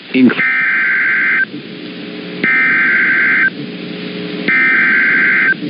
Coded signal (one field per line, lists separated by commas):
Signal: Emergency Alert System (SAME) tones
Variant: header bursts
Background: speech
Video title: THE MADNESS OF STORMS... (Part 2) || EAS Alerts from March & April (EAS #75 - #93)